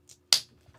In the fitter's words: Did you hear that? How could you not? That was an tremendous click.